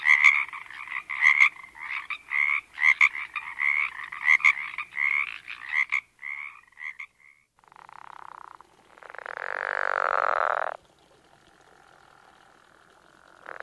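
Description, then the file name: Frogs and toads: rapid pulsed frog calls for about six seconds, then a few shorter notes. "Frogs and Toads (Wild America)"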